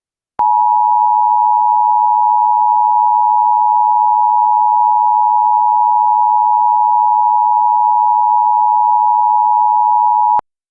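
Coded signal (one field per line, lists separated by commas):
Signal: Emergency Alert System (SAME) tones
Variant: 853 and 960 Hz attention tone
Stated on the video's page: Fictional EAS scenario project about a virus outbreak in Texas.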